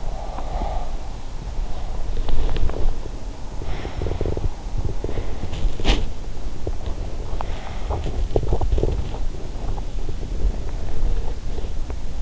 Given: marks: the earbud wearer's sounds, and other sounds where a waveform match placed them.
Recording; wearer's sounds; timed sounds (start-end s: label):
sounds in sleep by an in-ear microphone; breath, body movement
0.00-2.10 s: breath
1.90-12.22 s: body movement